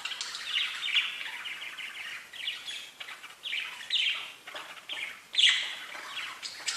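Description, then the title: Budgerigar chatter, run-on scratchy twittering with buzzy downslurred notes and a louder sharp chirp near the end. "Budgie Sounds"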